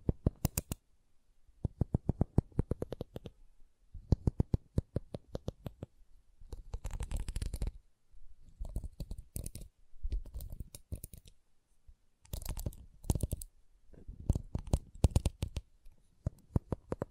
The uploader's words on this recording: ASMR Calming Wood Triggers for Sleep (No Talking).